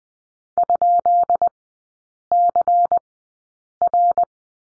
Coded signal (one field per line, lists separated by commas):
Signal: Morse code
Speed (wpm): 20 wpm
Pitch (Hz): 700 Hz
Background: none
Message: ?CR